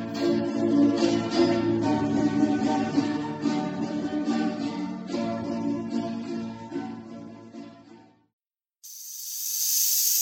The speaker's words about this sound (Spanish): Chinino Pozo, el sonido del cascabel.